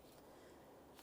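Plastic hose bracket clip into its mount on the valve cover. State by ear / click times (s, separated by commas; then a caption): not seated / none. A small plastic bracket clip for the vent hose across the top of the valve cover is slid onto its mount on a 2014-2018 Mazda 3 2.0L L4 engine. Only a steady, low broadband rumble with faint rustling is heard, with no distinct snap. The clip has not clicked or seated into its mount yet.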